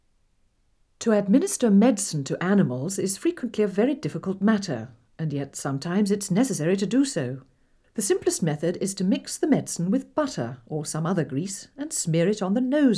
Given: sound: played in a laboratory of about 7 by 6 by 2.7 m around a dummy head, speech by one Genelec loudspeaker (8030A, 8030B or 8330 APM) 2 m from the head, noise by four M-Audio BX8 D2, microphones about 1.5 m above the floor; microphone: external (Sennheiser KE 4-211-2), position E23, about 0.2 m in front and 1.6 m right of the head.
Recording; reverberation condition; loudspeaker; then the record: female speech in English; low; 90 degrees to the right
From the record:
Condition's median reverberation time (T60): about 310 ms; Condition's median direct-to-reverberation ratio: about 3.5 dB